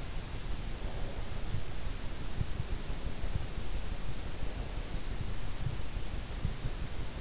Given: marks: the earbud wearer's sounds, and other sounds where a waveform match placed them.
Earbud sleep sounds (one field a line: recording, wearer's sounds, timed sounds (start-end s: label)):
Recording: sounds in sleep by an in-ear microphone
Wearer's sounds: breath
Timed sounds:
0.60-1.51 s: breath